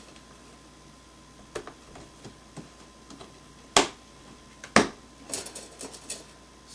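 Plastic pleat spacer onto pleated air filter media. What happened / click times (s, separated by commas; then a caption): Plastic spacer snapped into place / 3.8 s, 4.8 s. A plastic pleat spacer is lined up on the pleats of a pleated Aprilaire air filter, next to one already fitted, and pressed down by hand. Soft plastic taps and rustles lead up to two loud, sharp snaps at 3.8 s and 4.8 s, followed by a few lighter clicks. The spacer is seated, snapped into place.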